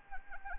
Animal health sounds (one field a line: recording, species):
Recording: mosquito wingbeat signal from an infrared sensor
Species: Anopheles arabiensis